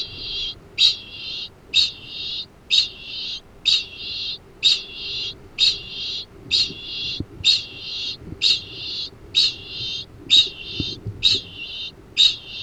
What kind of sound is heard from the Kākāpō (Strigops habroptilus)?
ching call